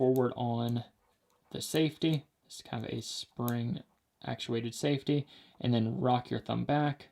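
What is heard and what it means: Someone talks while handling a folding knife, pushing forward on its spring-actuated safety and rocking a thumb back to deploy the blade into its liner lock. Speech fills the clip with short pauses between phrases. The blade has not yet clicked or seated into its liner lock by the end.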